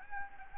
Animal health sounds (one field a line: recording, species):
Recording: mosquito wingbeat signal from an infrared sensor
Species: Anopheles gambiae